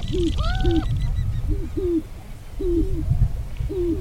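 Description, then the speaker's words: Sharp-tailed grouse lek calls: a series of low, hollow, arched hooting notes repeated irregularly, with one higher drawn-out whine near the start and a steady low rumble beneath. Sharp-tailed grouse lekking in tall prairie grasslands at Wainwright, Alberta. "Yes, so in Wainwright, in the tall prairie grasslands, listening to a sharp-tailed grouse do a little bit of lekking."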